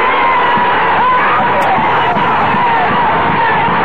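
A large crowd shouts and yells at a rally, a loud, sustained roar of many voices with scattered higher cries rising above the dense din throughout.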